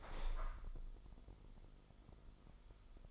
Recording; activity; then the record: daily activity, microphone in the room; open window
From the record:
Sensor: 5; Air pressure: 995.8 hPa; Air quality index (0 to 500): 100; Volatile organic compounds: 6 ppm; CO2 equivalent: 1916 ppm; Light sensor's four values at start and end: 40/97/39/41 and 40/97/39/41